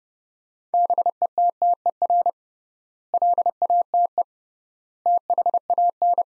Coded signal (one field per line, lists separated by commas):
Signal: Morse code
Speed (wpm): 30 wpm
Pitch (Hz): 700 Hz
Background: none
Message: BETTER LATE THAN